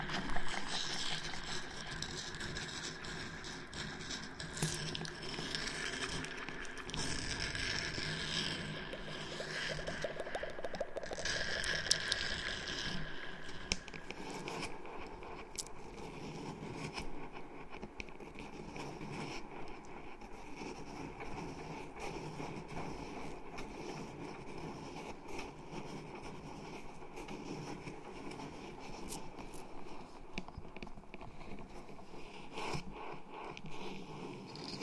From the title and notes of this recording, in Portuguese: ASMR ARRANHANDO O 3DIO COM ECO. ASMR intenso e agressivo com muitos sons de scratching.